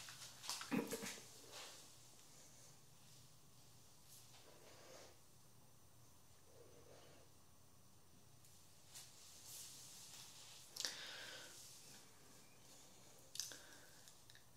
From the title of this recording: Haircut Real Hair and No Talking